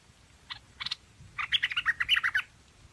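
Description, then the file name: Hoanh Hoach bird song begins with two short chips, then a quick run of squeaky, chattering notes, over a low background hiss. "Tieng chim Hoanh Hoach Thom hot"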